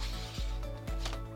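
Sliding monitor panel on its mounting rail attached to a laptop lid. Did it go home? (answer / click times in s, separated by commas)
yes / 1.1 s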